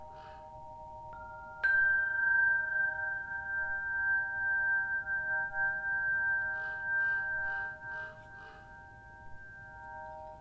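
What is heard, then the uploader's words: Sound bath with a singing bowl struck near two seconds, its bright ringing tone sustaining over low hum, with soft pulsing voices later. Mandy Hamilton and Anthony Pietromonaco play a range of sound bath instruments. Recorded and produced by Emily Shaw. Psychedelic Sound Bath.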